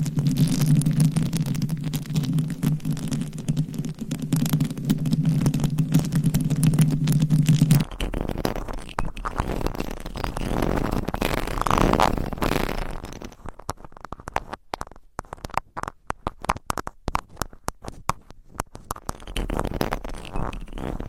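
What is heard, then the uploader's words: Mic scratching and tapping on homemade mic covers. For the first eight seconds a steady low hum-like rumble sits under dense scratching; then it gives way to rougher, shifting rubbing, and after about thirteen seconds to quick, sharp taps and crackles with brief gaps between them. Mic Scratching & Tapping on 7 Mics with DIY Mic Covers. No Talking.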